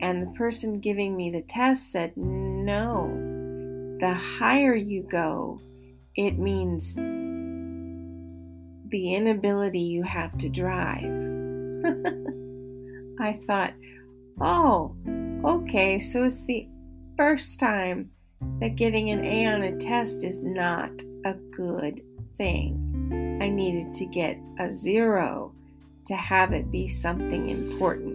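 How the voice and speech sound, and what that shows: Adult woman with a traumatic brain injury from an accident speaks in slow, halting phrases with long pauses and drawn-out words, an acquired speech impairment that comes and goes, with no change in volume or voice.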